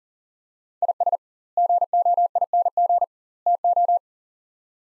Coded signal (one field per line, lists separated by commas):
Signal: Morse code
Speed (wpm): 40 wpm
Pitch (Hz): 700 Hz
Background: none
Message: IS GOING TO